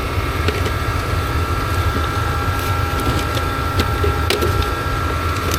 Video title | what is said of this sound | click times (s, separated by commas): Deck Drain Cleaning Gone Wild - Snake Surprise in the Lanai! 🐍 | pops right in place awesome | 4.3 s